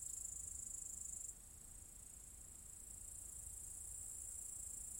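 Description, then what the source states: Cicadas keep up a shrill, constant buzz, fading down after a little over one second and gradually building again, over a low background rumble. Several cicadas in an apple tree orchard at Zalensų Sodybos, Lithuania, recorded 23 August 2015.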